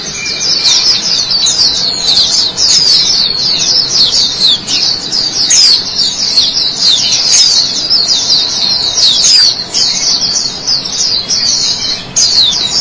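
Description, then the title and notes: White-eye song, an unbroken stream of quick, sharp, high twitters and trills lasting the whole passage. Chirping song. "Suara kicauan burung pleci"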